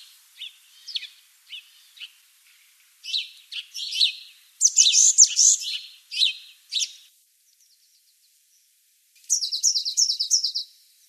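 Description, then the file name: Eurasian blue tit with several high short notes, dense buzzy scolding chatter in the middle, and a closing run of repeated descending notes after a pause. "Cyanistes caeruleus"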